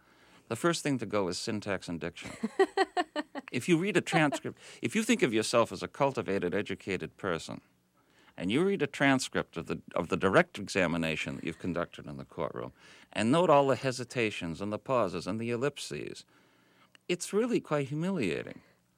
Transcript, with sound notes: The first thing to go is syntax and diction.
(laughs)
If you read a transcript -- if you think of yourself as a cultivated, educated person, and you read a transcript of the direct examination you've conducted in the courtroom, and note all the hesitations and the pauses and the ellipses, it's really quite humiliating.